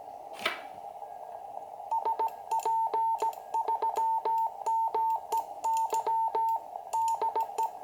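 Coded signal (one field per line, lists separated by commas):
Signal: Morse code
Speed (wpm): 17 wpm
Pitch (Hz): 900 Hz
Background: radio noise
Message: SP3MEY DE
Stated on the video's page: First CW QSO on a repaired 20 m QCX, with a QRP station.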